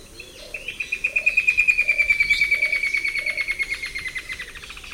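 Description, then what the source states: Straight-billed woodcreeper delivering a rapid, steady trill of clipped notes that slowly drops in pitch, while another bird's soft low hoots repeat underneath. Recorded in the eastern lowlands of South America.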